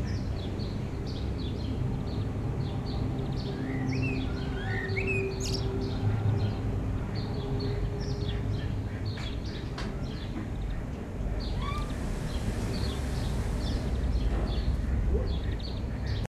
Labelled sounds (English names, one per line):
Common Blackbird song